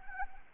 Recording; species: mosquito wingbeat signal from an infrared sensor; Anopheles arabiensis